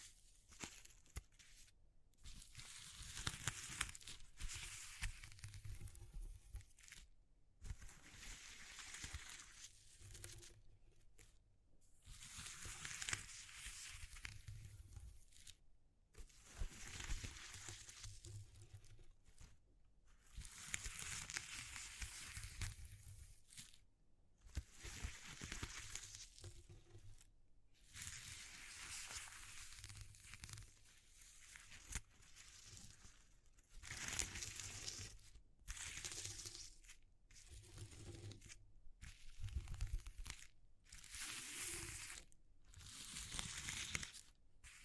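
Hands explore textures in repeated bursts of crinkling, scratching and crunching, each lasting one to three seconds with short silent gaps between. The sounds are bright and crisp with a soft low rumble beneath, and they come more quickly toward the end.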